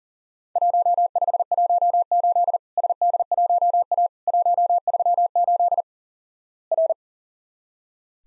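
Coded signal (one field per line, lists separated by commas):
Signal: Morse code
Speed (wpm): 44 wpm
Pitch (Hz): 700 Hz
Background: none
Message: 1518 SD1A 138 R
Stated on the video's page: Morse drill of Worked All Europe DX Contest QTC exchanges at 40 wpm, each sent in Morse, spoken, then sent again.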